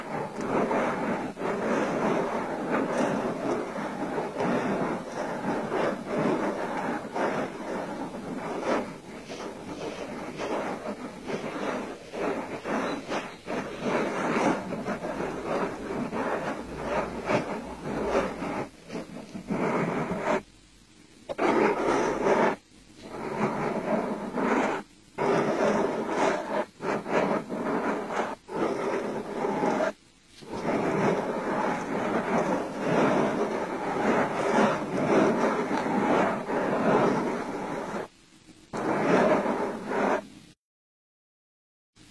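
Dry scraping and rubbing, like a blade scraping away grime during an eye-cleaning routine, runs almost without pause. The texture is dense and gritty, centered in the mids. Short silent breaks fall around 21, 23, 30 and 38 seconds, and the sound stops just before the end.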